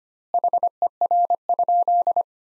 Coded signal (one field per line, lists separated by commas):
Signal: Morse code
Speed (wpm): 25 wpm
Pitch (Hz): 700 Hz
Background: none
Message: HER?